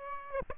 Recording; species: mosquito wingbeat signal from an infrared sensor; Aedes aegypti